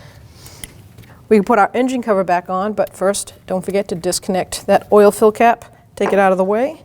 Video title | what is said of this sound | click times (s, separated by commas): How to Replace Ignition Coils 2016-2025 Chevrolet Malibu 1.5L L4 | Make sure you take that red tab and push it down. That puts the lock on. | 0.6 s